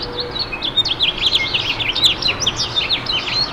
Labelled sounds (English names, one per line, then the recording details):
House Finch song
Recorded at Freeport on Long Island, New York, on 28 May 2013
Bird C